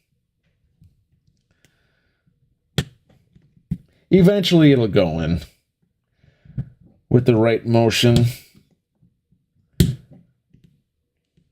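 A part is worked into a tool assembly by hand, with sharp handling knocks at about 2.8 s and 9.8 s and fainter taps in between. Someone talks in two bursts. The part has not seated or clicked into place yet.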